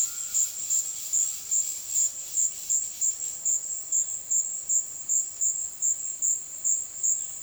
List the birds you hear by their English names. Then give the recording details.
Undulated Tinamou, Violaceous Jay. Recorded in dense forest near Puerto Asís, Putumayo, Colombia, on 21 February 2024 at 17:30. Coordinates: 0.502, -76.326. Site G6460